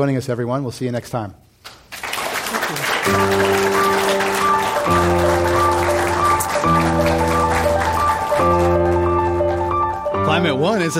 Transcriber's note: applause